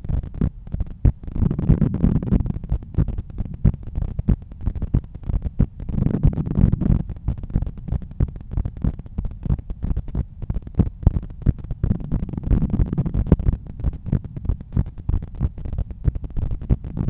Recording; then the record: heart sounds by stethoscope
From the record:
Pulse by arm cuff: 94 bpm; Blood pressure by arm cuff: 143/94 mmHg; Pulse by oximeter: 97 bpm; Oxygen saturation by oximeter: 96%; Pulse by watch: 96 bpm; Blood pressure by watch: 133/87 mmHg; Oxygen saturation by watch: 97%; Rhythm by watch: sinus rhythm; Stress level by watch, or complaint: low stress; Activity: after 5 min smoking and coffee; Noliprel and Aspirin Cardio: after pills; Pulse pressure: 49 mmHg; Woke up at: 7:20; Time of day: 8:21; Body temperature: 36.9 C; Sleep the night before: 8 h 11 min, score 61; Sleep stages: REM 22%, light 68%, deep 3%, awake 7%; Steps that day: 9500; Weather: cloudy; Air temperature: 16.7 C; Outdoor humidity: 84%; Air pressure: 1014 hPa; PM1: 10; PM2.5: 15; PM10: 18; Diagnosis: hypertension, treated with Noliprel and Aspirin Cardio 100 mg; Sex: male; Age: 53 years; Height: 174 cm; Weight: 81 kg